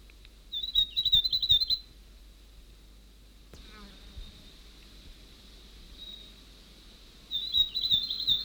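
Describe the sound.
North Island tomtit song: two quick high-pitched jingling phrases of rapid notes, about a second each, separated by a long pause, over a faint steady high hum.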